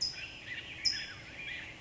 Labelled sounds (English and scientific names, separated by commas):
California Towhee (Melozone crissalis)